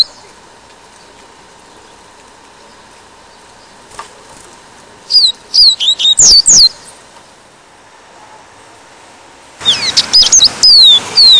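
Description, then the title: Double-collared Seedeater song: bursts of high, clear whistled notes sliding downward, one phrase near the middle and another at the end, over a faint steady hum. "Canto Coleiro"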